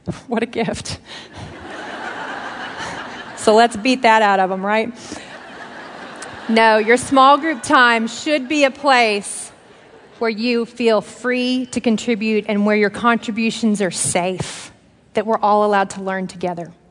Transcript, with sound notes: What a gift! "So let's beat that out of them"—right? (laughter) No, your small group time should be a place where you feel free to contribute and where your contributions are safe—that we're all allowed to learn together.